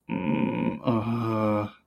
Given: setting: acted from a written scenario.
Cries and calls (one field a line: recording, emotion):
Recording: vocal sound without words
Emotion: guilt